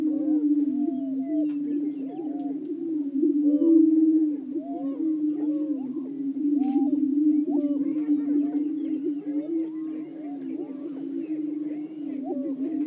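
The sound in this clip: Greater prairie-chickens keeping up a steady low booming chorus with scattered arched whoops and cackles throughout.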